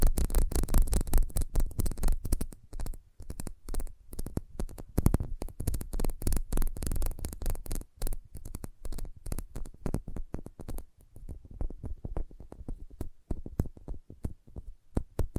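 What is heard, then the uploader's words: Sensitive tapping: a rapid, dense run of soft, crisp taps with quick irregular rhythm. The first two seconds are fullest and heaviest, with a deep thump underneath; afterward the taps grow sparser and lighter, with brief quiet gaps between clusters. Sensitive Tapping.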